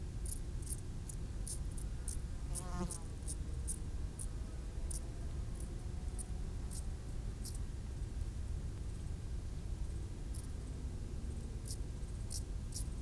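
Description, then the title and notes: Grasshopper stridulation as sharp, short rasping ticks in a fairly regular series, with a low background rumble throughout. Grasshoppers stridulating on a roadside bank beside the road to the Mont du Chat television relay, 1500 m altitude, Le Bourget-du-Lac, France; distant valley noise in background. "D42, 73370 Le Bourget-du-Lac, France - insectes du talus. Route du relais télévision du Mont du Chat à 1500m d'altitude les stridulations des criquets sur le talus et les bruits lointains de la vallée en arrière plan"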